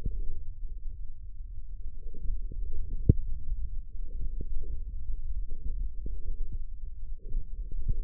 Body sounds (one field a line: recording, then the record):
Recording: forearm muscle sounds (acoustic myography)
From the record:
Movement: hand closing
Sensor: system 1, eight BSWA MPA416 microphones around the upper forearm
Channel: 6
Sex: male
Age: 18 years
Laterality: right